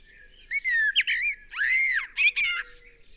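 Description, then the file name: Common blackbird singing a loud, mellow phrase of rolling whistled notes, one long arching note in the middle, then quick squeaky flourishes. 18 July 2018. "Turdus merula 180718"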